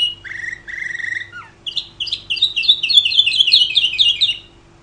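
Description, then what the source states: Canary song opening with two rich buzzy notes, then a quick series of high rolling trills that fade at the end. Champion canary singing, a competition songbird.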